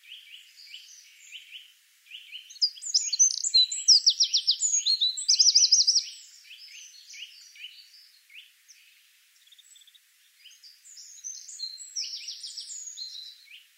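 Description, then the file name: Eurasian wren with a long, energetic song of scattered high chips leading to loud, fast rattling trills, a quieter gap, then another trilled phrase. "Troglodytes troglodytes"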